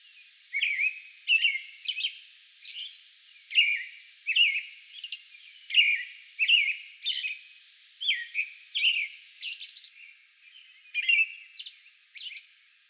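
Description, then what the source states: American robin singing a long string of whistled phrases with occasional thin, high-pitched notes. Song bout recorded on May 11.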